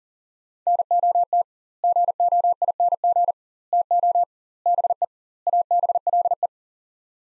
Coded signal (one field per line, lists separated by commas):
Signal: Morse code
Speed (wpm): 37 wpm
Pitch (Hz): 700 Hz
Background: none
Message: NOT GOING TO BE ABLE